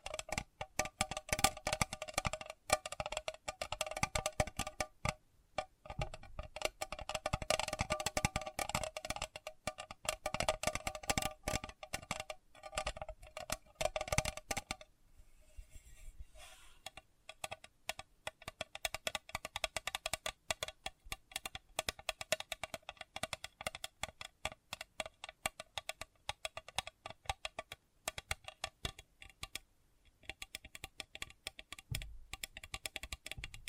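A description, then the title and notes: Rapid, dense tapping like typing on a keyboard, louder and busier for the first fifteen seconds, then sparser and quieter with brief pauses. Sensitive Tapping.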